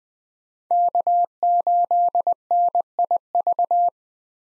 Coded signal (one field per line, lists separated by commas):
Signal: Morse code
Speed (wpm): 20 wpm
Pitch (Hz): 700 Hz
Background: none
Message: K8NIV